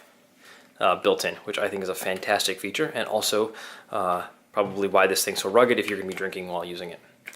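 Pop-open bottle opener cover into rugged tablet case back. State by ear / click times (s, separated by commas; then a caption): not seated / none. Someone talks while handling the pop-open bottle-opener cover built into the back of a NewTrent Gladius Air rugged tablet case, with a brief sharp sound right at the end around 7.3 s. The cover has not snapped shut or seated yet.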